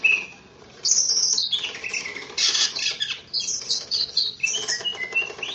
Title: KICAU BURUNG CUCAK IJO